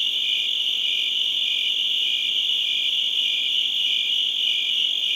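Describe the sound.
Crickets trilling nonstop at a high pitch, with short brighter chirps standing out at regular intervals over the even drone.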